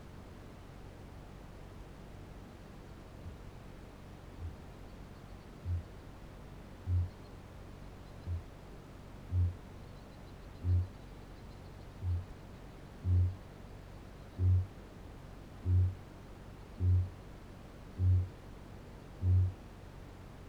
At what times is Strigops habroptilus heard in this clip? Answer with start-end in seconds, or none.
2.86-4.74, 5.60-8.59, 9.23-12.32, 12.83-19.68